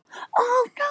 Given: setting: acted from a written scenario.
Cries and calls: vocal sound without words; distress

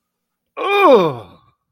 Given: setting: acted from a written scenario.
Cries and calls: vocal sound without words; disgust

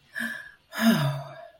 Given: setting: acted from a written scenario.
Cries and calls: vocal sound without words; relief

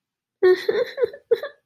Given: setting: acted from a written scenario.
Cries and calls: vocal sound without words; guilt

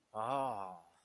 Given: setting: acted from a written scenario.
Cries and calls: vocal sound without words; pride

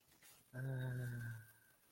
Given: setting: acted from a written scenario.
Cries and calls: vocal sound without words; ecstasy

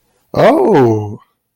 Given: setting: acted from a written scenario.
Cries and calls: vocal sound without words; positive surprise

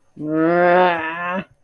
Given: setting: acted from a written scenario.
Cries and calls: vocal sound without words; anger

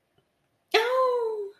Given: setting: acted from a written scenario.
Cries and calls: vocal sound without words; positive surprise

